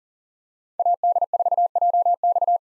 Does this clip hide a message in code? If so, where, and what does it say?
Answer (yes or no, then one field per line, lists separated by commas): yes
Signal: Morse code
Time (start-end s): 0.8-2.6 s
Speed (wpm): 40 wpm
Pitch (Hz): 700 Hz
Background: none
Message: AD4JX